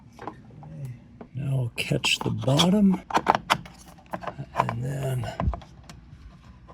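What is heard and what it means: Someone talks while the touchscreen module of an Elegoo Centauri Carbon 3D printer, a fully enclosed CoreXY model, is handled at its mount in the printer's front panel, with its bottom caught first before it is set in place. Short, light handling taps and knocks sound between the words, and a brief bit of music plays. Nothing has seated or clicked yet by the end of the clip.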